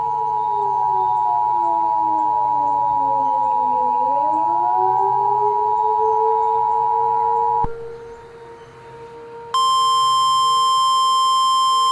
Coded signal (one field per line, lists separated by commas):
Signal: Emergency Alert System (SAME) tones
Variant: 853 and 960 Hz attention tone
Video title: EAS Mock: Disqualified, Reimagined